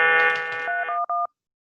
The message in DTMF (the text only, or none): 311